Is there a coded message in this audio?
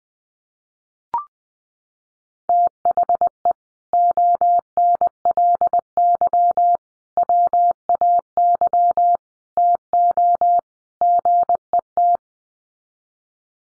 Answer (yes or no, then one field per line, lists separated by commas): yes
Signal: Morse code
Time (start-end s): 2.5-12.2 s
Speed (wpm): 20 wpm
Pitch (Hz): 700 Hz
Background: none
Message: THE ONLY WAY TO GET